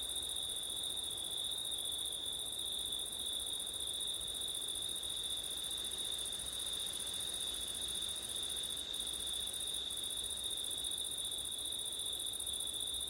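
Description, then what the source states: Crickets giving two continuous shrill trills at different pitches, the higher one breaking off briefly a few times, over a soft wind hiss. Crickets recorded on a September night with wind.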